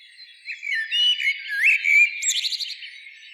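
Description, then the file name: Common blackbird song, a short rich whistled phrase swooping up and down, ending in a quick series of thin high squeaks. "Turdus merula"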